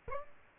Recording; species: mosquito wingbeat signal from an infrared sensor; Aedes aegypti